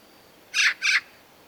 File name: Pica pica